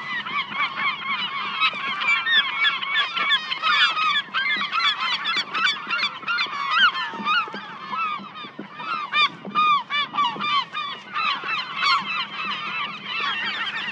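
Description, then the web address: Gulls calling in a dense flock, overlapping harsh squealing cries and short yelps crowding together without pause for the whole stretch. "seagulls"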